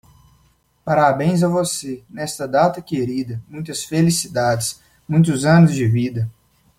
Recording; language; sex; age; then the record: short text; Brazilian Portuguese; male; 20 to 29 years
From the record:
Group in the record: control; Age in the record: 26 years